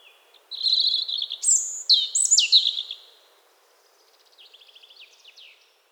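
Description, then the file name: European robin song: a trill, then high whistles that drop sharply in pitch, followed by a quieter fast twittering series. "Erithacus rubecula"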